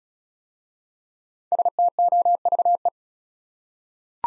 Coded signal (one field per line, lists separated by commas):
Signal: Morse code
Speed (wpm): 35 wpm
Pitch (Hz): 700 Hz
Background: none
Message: STOVE